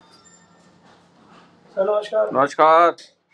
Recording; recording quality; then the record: deep breathing; poor, much background noise or distortion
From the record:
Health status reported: healthy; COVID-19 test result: not tested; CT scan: not taken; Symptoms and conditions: none ticked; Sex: male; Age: 52 years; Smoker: no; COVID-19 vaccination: both doses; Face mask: worn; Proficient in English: yes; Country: India